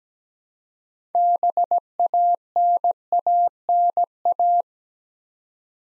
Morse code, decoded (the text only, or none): BANANA